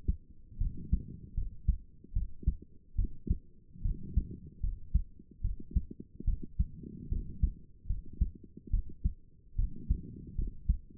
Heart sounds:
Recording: heart sounds by stethoscope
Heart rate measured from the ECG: 74 bpm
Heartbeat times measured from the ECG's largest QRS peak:
0.58 s: heartbeat
1.34 s: heartbeat
2.13 s: heartbeat
2.95 s: heartbeat
3.82 s: heartbeat
4.60 s: heartbeat
5.41 s: heartbeat
6.24 s: heartbeat
7.08 s: heartbeat
7.86 s: heartbeat
8.70 s: heartbeat
9.55 s: heartbeat
10.35 s: heartbeat
From the record:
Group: healthy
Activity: rest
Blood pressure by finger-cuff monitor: 137/77 mmHg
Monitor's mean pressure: 96 mmHg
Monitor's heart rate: 72 bpm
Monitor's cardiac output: 6.9 L/min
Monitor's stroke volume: 94 mL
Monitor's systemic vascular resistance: 1020 dyn s/cm5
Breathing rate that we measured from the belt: 20 breaths a minute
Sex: female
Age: 22 years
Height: 154 cm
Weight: 58.7 kg

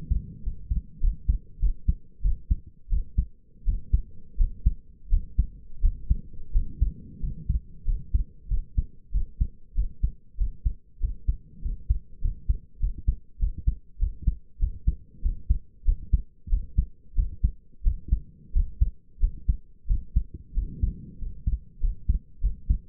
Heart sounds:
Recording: heart sounds by stethoscope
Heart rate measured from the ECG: 93 bpm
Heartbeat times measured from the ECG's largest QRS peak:
0.42 s: heartbeat
1.00 s: heartbeat
1.59 s: heartbeat
2.22 s: heartbeat
2.89 s: heartbeat
3.65 s: heartbeat
4.37 s: heartbeat
5.09 s: heartbeat
5.81 s: heartbeat
6.52 s: heartbeat
7.20 s: heartbeat
7.84 s: heartbeat
8.48 s: heartbeat
9.11 s: heartbeat
9.74 s: heartbeat
10.37 s: heartbeat
11.00 s: heartbeat
11.61 s: heartbeat
12.21 s: heartbeat
12.79 s: heartbeat
13.39 s: heartbeat
13.98 s: heartbeat
14.59 s: heartbeat
15.21 s: heartbeat
15.84 s: heartbeat
16.49 s: heartbeat
17.15 s: heartbeat
17.83 s: heartbeat
18.52 s: heartbeat
19.19 s: heartbeat
19.87 s: heartbeat
20.54 s: heartbeat
21.18 s: heartbeat
21.80 s: heartbeat
22.41 s: heartbeat
From the record:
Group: healthy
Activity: rest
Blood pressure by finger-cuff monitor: 107/63 mmHg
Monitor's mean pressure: 78 mmHg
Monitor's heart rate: 95 bpm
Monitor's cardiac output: 6.4 L/min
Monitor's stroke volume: 70 mL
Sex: male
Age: 22 years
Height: 181 cm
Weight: 60 kg

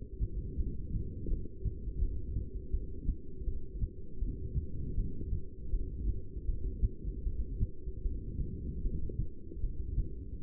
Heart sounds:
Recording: heart sounds by stethoscope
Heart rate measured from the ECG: 79 bpm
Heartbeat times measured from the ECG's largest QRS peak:
0.58 s: heartbeat
1.30 s: heartbeat
2.01 s: heartbeat
2.73 s: heartbeat
3.46 s: heartbeat
4.21 s: heartbeat
4.97 s: heartbeat
5.72 s: heartbeat
6.47 s: heartbeat
7.25 s: heartbeat
8.04 s: heartbeat
8.83 s: heartbeat
9.62 s: heartbeat
10.42 s: heartbeat
From the record:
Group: heart failure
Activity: rest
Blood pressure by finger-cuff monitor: 188/128 mmHg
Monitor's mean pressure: 152 mmHg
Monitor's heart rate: 79 bpm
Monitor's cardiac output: 7.6 L/min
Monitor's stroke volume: 95 mL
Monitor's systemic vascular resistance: 1510 dyn s/cm5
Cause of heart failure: non-ischemic cardiomyopathy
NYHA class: 1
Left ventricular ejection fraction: 62%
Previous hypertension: present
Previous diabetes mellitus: present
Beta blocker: bisoprolol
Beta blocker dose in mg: 10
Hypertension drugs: sacubitril-valsartan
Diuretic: furosemide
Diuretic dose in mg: 20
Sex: male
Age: 49 years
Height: 167 cm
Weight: 110 kg

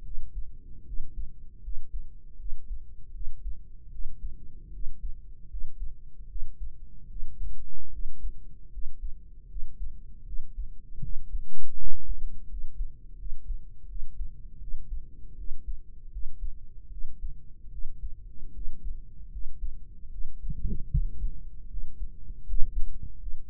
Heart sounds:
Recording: heart sounds by microphone in the right ear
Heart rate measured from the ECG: 78 bpm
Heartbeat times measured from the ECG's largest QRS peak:
0.01 s: heartbeat
0.83 s: heartbeat
1.59 s: heartbeat
2.35 s: heartbeat
3.10 s: heartbeat
3.88 s: heartbeat
4.69 s: heartbeat
5.46 s: heartbeat
6.25 s: heartbeat
7.06 s: heartbeat
7.88 s: heartbeat
8.68 s: heartbeat
9.45 s: heartbeat
10.22 s: heartbeat
10.98 s: heartbeat
11.74 s: heartbeat
12.45 s: heartbeat
13.14 s: heartbeat
13.85 s: heartbeat
14.57 s: heartbeat
15.34 s: heartbeat
16.08 s: heartbeat
16.88 s: heartbeat
17.68 s: heartbeat
18.50 s: heartbeat
19.28 s: heartbeat
20.08 s: heartbeat
20.87 s: heartbeat
21.66 s: heartbeat
22.42 s: heartbeat
23.16 s: heartbeat
From the record:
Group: healthy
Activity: rest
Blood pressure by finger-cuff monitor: 113/75 mmHg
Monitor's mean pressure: 85 mmHg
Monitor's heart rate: 77 bpm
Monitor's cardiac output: 5.7 L/min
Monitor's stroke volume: 74 mL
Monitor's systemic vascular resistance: 1090 dyn s/cm5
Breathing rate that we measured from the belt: 17 breaths a minute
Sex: female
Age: 23 years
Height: 160 cm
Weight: 50.4 kg

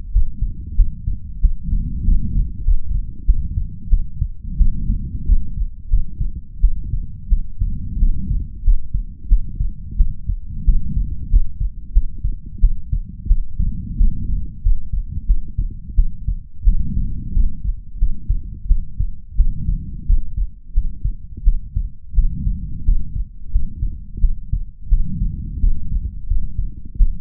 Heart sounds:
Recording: heart sounds by stethoscope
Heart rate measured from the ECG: 89 bpm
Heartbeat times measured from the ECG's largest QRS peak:
0.11 s: heartbeat
0.75 s: heartbeat
1.40 s: heartbeat
2.03 s: heartbeat
2.63 s: heartbeat
3.24 s: heartbeat
3.88 s: heartbeat
4.56 s: heartbeat
5.25 s: heartbeat
5.88 s: heartbeat
6.59 s: heartbeat
7.28 s: heartbeat
7.98 s: heartbeat
8.62 s: heartbeat
9.27 s: heartbeat
9.96 s: heartbeat
10.64 s: heartbeat
11.29 s: heartbeat
11.92 s: heartbeat
12.59 s: heartbeat
13.26 s: heartbeat
13.96 s: heartbeat
14.61 s: heartbeat
15.25 s: heartbeat
15.94 s: heartbeat
16.63 s: heartbeat
17.32 s: heartbeat
17.97 s: heartbeat
18.66 s: heartbeat
19.35 s: heartbeat
20.05 s: heartbeat
20.72 s: heartbeat
21.43 s: heartbeat
22.13 s: heartbeat
22.83 s: heartbeat
23.50 s: heartbeat
24.19 s: heartbeat
24.88 s: heartbeat
25.59 s: heartbeat
26.26 s: heartbeat
26.96 s: heartbeat
From the record:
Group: healthy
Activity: rest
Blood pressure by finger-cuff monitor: 122/70 mmHg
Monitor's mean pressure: 89 mmHg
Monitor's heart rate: 88 bpm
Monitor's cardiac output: 7.9 L/min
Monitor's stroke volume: 89 mL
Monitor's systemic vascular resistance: 820 dyn s/cm5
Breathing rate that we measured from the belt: 21 breaths a minute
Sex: female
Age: 26 years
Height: 165 cm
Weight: 55 kg

